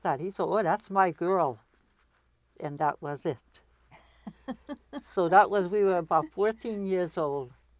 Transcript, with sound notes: He says, "Oh, that's my girl!" And that was it. [Laughs] So that was, we were about fourteen years old.